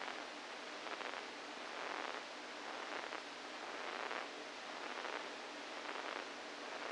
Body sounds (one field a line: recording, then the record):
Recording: brain microelectrode recording played as sound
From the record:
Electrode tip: inside the subthalamic nucleus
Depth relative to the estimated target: -4 mm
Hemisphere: right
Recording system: NeuroSet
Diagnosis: Parkinson's disease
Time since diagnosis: 7 years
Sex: female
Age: 68 years